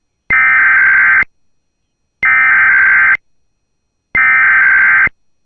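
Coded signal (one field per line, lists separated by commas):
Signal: Emergency Alert System (SAME) tones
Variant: header bursts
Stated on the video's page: Required Monthly Test issued by civil authorities for all Minnesota counties, received from a weather radio station.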